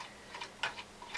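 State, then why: Released. The L-shaped inside-engraving adapter arm on a Magic E7 jewellery CNC engraving machine is pushed back up out of its locked-down detent position, releasing it. A series of short, light ticks is heard, with the sharpest click at 0.6 s and a softer click around 1.0 s.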